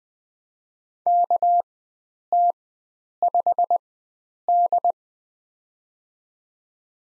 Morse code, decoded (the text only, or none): KT5D